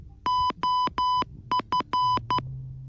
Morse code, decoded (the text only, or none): OF